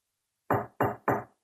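Three firm knocks on a bathroom door in an even, steady rhythm, each a dull, resonant thud with a sharp onset that quickly fades, followed by silence.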